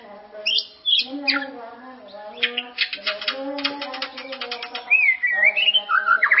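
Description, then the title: White-rumped shama song: sharp scattered notes and rapid bursts, then a wavering whistled phrase near the end, all over a persistent low drone. "murai batu"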